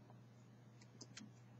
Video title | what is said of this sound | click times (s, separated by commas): Changing the remote key battery for a Honda Accord (Maybe Civic too) CR1616 | it's closed all around. It snapped into place. | 0.8 s, 1.0 s, 1.2 s